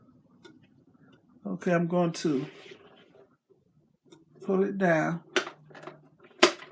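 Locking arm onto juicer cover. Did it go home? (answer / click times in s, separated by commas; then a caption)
yes / 6.4 s. Someone talks while pulling the plastic locking arm of an AICOK centrifugal juicer down over its cover. A loud sharp click at 6.4 s marks the arm clamping down and seating, locking it in place, which the juicer needs before it will run.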